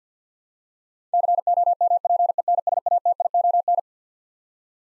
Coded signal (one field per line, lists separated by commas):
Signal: Morse code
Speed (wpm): 50 wpm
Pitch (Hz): 700 Hz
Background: none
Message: COMPENSATION